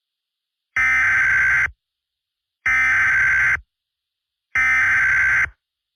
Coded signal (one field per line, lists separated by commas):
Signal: Emergency Alert System (SAME) tones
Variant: header bursts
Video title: EAS MOCK For Flash Flood Warning New Update